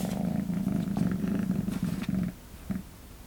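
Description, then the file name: Cat purring, a low throbbing rumble for about two seconds before fading into quiet, with a brief soft rumble near the end. "kissa kehraa"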